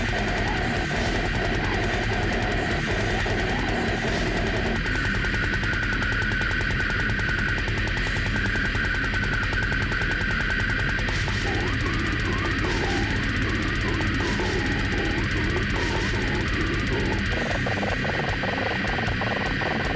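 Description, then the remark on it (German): Extreme metal vocals, harsh guttural growls and noisy rasps over a dense, distorted wall of sound, continuous and loud, with a choppy, machine-like stuttering toward the end, all made by a human voice using techniques such as double tongue strokes. “Ja, also alles, was ihr gerade gehört, auch am Ende dieses maschinenhafte Stottern, das ist auf jeden Fall die Stimme.”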